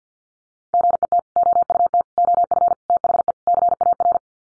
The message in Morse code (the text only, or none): GET OUT OF THE CAR